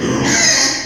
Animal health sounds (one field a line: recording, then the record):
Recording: squeal of a Yucatan mini pig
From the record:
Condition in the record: before surgery on the right vocal fold (resection and tissue-engineered implant)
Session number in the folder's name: 2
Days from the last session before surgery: 0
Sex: male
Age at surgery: 12 weeks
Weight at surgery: 13 kg